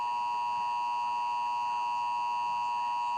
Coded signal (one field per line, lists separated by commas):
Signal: Emergency Alert System (SAME) tones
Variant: 853 and 960 Hz attention tone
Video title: Texas EAS Required Monthly Test October 2017